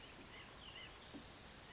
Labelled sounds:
White-breasted Nuthatch (Sitta carolinensis)
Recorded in Sonoma County, California

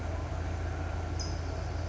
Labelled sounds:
California Towhee (Melozone crissalis)
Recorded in Sonoma County, California

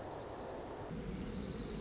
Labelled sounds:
Dark-eyed Junco (Junco hyemalis)
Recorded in Sonoma County, California

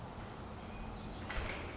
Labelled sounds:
Pacific Wren (Troglodytes pacificus)
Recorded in Sonoma County, California

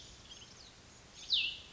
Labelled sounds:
Cassin's Vireo (Vireo cassinii)
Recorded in Sonoma County, California

